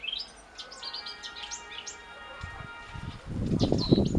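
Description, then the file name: Eurasian blackcap warbling a quick run of varied high, twisting notes, then a pause; low rumbling thuds rise near the end. "Sylvia atricapilla"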